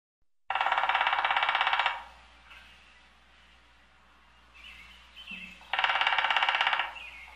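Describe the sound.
Woodpecker gives two loud rapid drum rolls, each a little over a second long, with fainter sounds between them.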